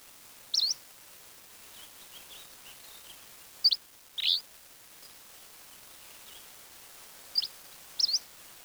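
Bird giving brief, sharp high chirps at irregular intervals, five notes over about eight seconds, against a soft steady background hiss.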